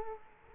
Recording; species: mosquito wingbeat signal from an infrared sensor; Culex quinquefasciatus